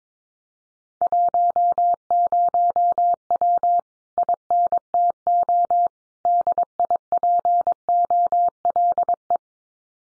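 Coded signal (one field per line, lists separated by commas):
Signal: Morse code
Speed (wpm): 22 wpm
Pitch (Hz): 700 Hz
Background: none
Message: 10W INTO DIPOLE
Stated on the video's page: Morse practice at 22 wpm: common QSO phrases, sent, spoken, then sent again, for head-copy training.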